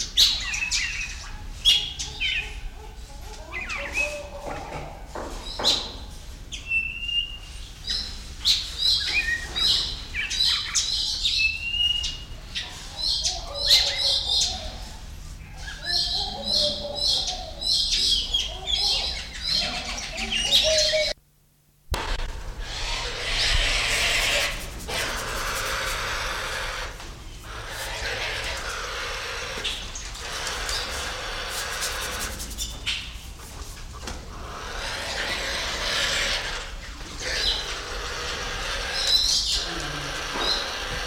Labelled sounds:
Spotted Thick-knee hissing

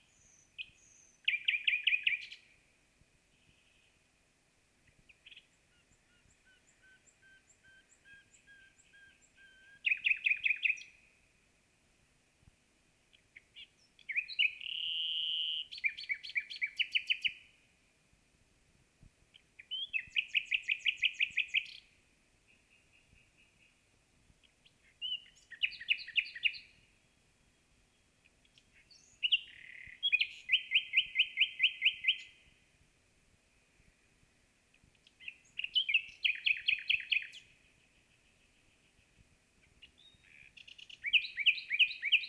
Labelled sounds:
Common Nightingale song

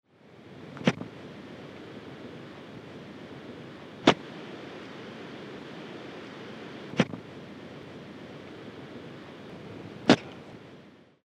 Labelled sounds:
Pallas' Cat

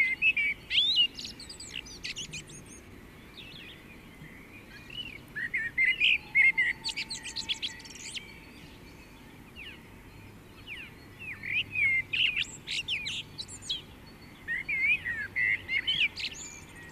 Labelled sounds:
Common Blackbird song

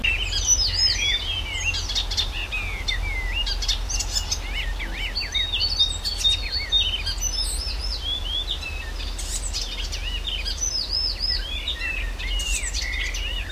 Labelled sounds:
Icterine Warbler

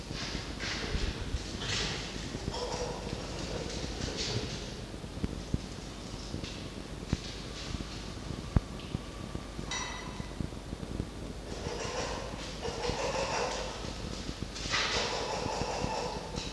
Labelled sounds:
Red Fox

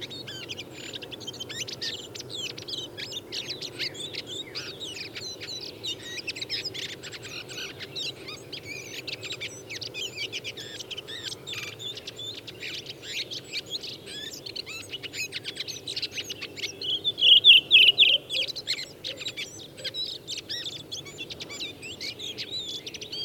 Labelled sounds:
Redwing song

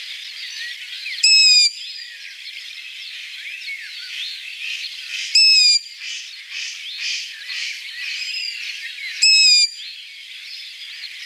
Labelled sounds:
Long-eared Owl song

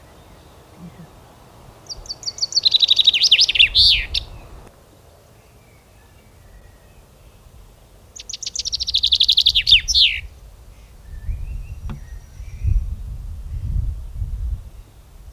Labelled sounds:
Common Chaffinch song

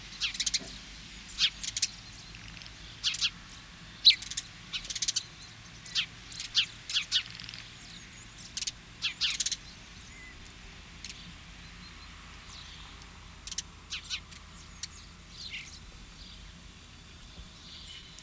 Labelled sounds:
House Sparrow song

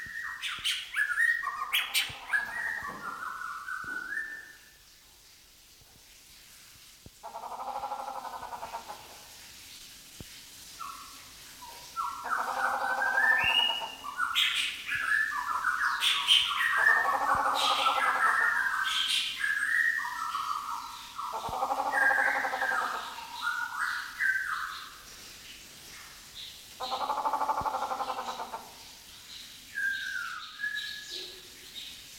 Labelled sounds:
Grey Peacock-Pheasant

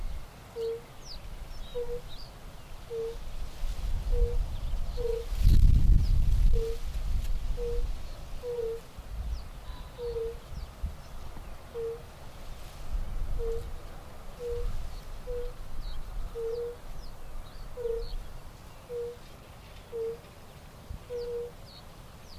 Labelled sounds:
Fire-Bellied Toad call

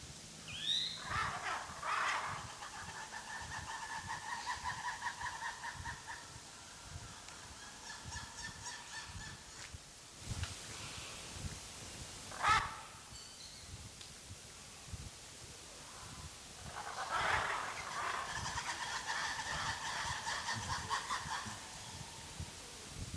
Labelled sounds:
Black-and-white Ruffed Lemur

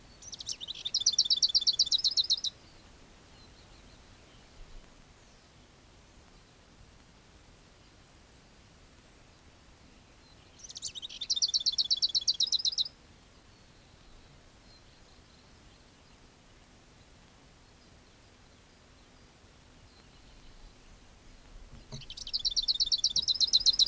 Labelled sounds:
Lesser Whitethroat song

